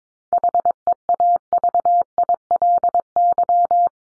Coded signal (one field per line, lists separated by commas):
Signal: Morse code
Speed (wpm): 22 wpm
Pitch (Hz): 700 Hz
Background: none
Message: HEAVILY